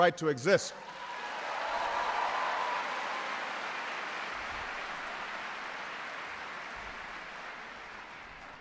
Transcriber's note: applause